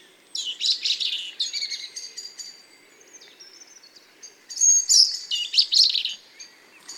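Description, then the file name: European robin song: high, scratchy warbling phrases with thin sustained whistles in between, a second bright jumbled burst after a short pause. "Erithacus rubecula"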